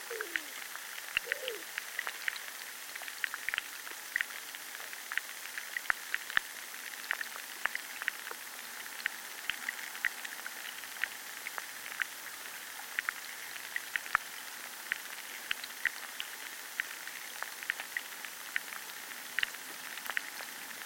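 Underwater life in a chalk river, heard as a dense, steady crackle of tiny clicks and ticks that never lets up. Sharper pops stand out every second or so. A couple of brief, low squeaky chirps sound near the start.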